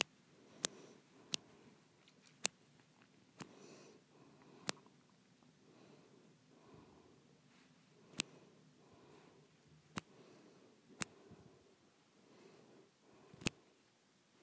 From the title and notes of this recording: ASMR Softly Snapping and Breathing.